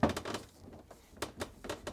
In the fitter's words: then firmly press the panel up to lock into place